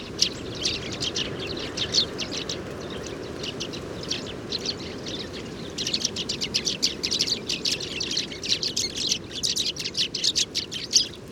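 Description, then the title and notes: Sudan golden sparrow flock calling, steady high chirping that thickens into a louder, busier chatter over the second half. 7 March 2019, Oued Enoicre, Tagant, Mauritania; oasis; common species, always in family flocks gathering at evening communal roost; recorded in the morning at roost site; Tlp7, MixPre 3. "Moineau doré ou Moineau jaune - Mauritanie. 7 mars 2019-Oued Enoicre - Tagant - Mauritanie"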